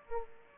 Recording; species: mosquito wingbeat signal from an infrared sensor; Aedes aegypti